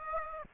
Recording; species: mosquito wingbeat signal from an infrared sensor; Aedes aegypti